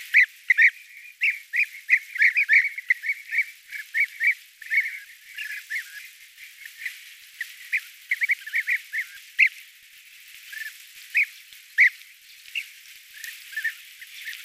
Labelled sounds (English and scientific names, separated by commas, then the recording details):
European Bee-eater (Merops apiaster) song
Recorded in the wild
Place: Merdingen bis Ihringen / Kaiserstuhl, Baden-Württemberg, DE
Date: 2000-08-25
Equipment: MiniDisc Sharp MT 20 H
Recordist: Schwarz, Dieter